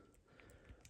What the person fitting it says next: There you go. I heard that snap.